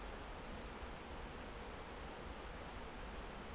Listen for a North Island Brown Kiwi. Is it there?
no